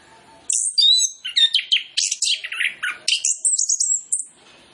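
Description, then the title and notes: Orange-headed Thrush song: one continuous, fast phrase of about four seconds, made of varied whistles and sliding notes. Training lure recording of song with full mimicry fill-in phrases, played to prompt Orange-headed Thrushes to sing quickly and freely. "Masteran Anis Kembang Full Isian Untuk Suara Pancingan Anis Kembang Agar Cepat Ngeplong. Suara Burung Anis Kembang"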